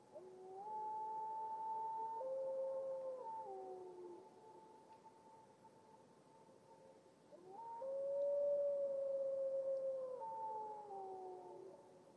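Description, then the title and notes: Grey wolf howling, two long, steady, mournful tones each held for several seconds with slight pitch shifts and fading tails, separated by a quiet gap. A lone grey wolf howling in the late morning in a glacial valley in Washington, with natural reverb from the valley. "Lone Wolf Howls. A lone Grey Wolf howls in the late morning, losing itself to the natural reverb of a glacial valley"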